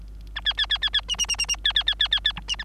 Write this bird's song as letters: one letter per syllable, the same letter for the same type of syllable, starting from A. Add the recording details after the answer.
A B B B B B C C C C C B B B B B B D C E. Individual Bird3